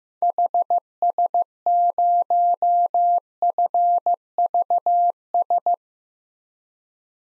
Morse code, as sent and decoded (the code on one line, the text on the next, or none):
.... ... ----- ..-. ...- ...
HS0FVS